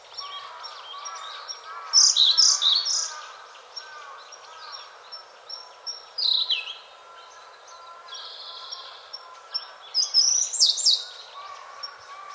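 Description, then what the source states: Siberian blue robin song: three quick, high phrases spaced about four seconds apart. Recorded 27 April 2008.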